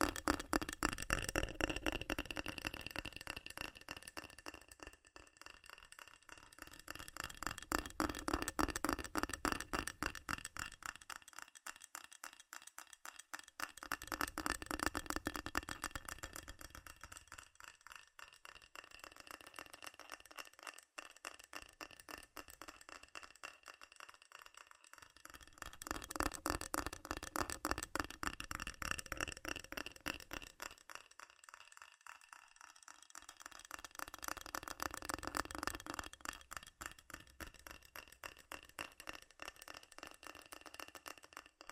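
Fast, furious tapping on metal, a dense rattling stream of quick bright clicks that never stops. The loudness swells and fades in slow waves about every ten seconds, with a thin, hollow low end during the quieter stretches.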